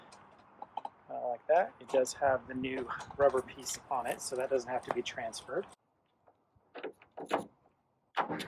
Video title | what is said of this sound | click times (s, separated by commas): How to replace Washer Sprayer Nozzle on a 2016 Super Duty | should just snap right in like | 0.6 s, 0.8 s, 0.9 s